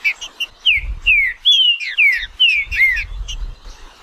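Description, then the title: Green-winged saltator singing clear whistled notes that slide downward, several phrases in rapid succession over faint low background rumble. Trinca-ferro of the Nicão song style, recorded in the wild in the bush, singing in a contest with a free-living bird. "Trinca Ferro NICÃ O No Mato Disputando Com Solto"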